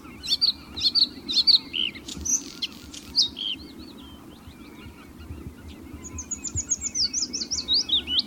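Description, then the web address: Bluethroat song in quick varied bursts of chirps and rattles, a quiet pause, then a fast series of repeated sharp notes. "blauwborst blauwborst"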